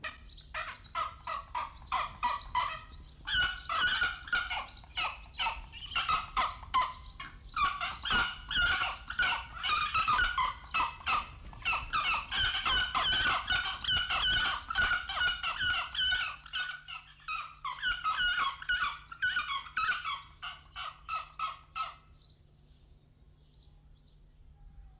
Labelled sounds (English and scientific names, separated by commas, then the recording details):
Pallas's Fish Eagle (Haliaeetus leucoryphus)
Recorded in captivity
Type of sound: call, call sequence, screech
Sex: pair
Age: adult
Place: Zoo Berlin, Berlin, DE
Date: 1995-02-25 10:30
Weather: wolkig, 3°C
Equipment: Marantz CP 430, Sennheiser ME 80, Kopie Uher Variocord 263
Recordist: Tembrock, Günter
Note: Paar-Rufen. Entfernung ca. 8 m